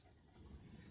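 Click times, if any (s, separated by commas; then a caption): none. A spark plug is pressed lightly into the aluminium cylinder head of a Chevy Equinox 1.5 engine and turned backwards (counter-clockwise) to find the thread start, a check against cross-threading before tightening. Only low, steady handling noise is heard, and nothing has seated or clicked yet.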